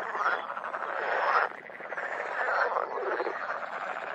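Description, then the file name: Water frog chorus: many overlapping, buzzy pulsed croaks merge into a steady rattling din. "grenouille verte"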